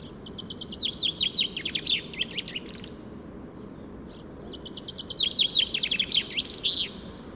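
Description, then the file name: Common chaffinch singing two rapid descending trills, each ending in an emphatic flourish, separated by a short pause, over steady low background rumble. "Fringilla coelebs"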